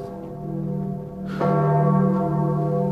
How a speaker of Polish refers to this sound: Co? Co to jest? A, to niech pan się nie boi. To dzwony.